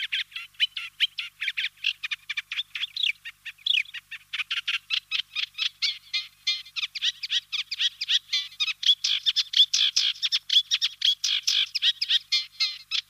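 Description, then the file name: Eurasian reed warbler song, a long unbroken stream of scratchy, chattering notes delivered at a fast pace. "Reed Warbler Acrocephalus scirpaceus"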